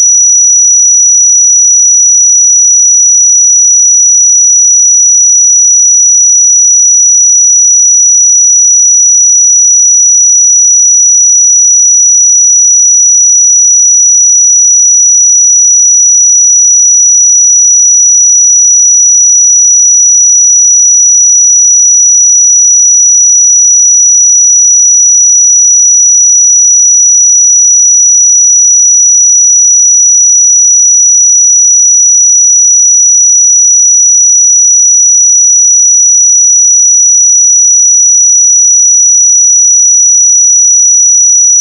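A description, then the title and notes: A single steady pure sine tone at 5867 Hz sounds continuously for the whole clip, bright and unchanging, with silence behind it. 5867 Hz 1 Hz Interval Sine Pure Tone Frequency 441000 Sample Mono.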